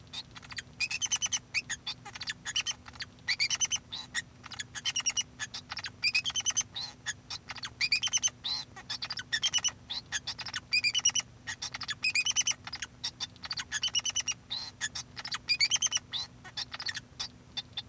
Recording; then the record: song of a male Bengalese finch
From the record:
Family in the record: son of father 2